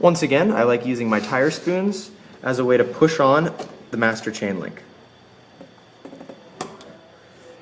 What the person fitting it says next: it clicked into place our chain is now properly attached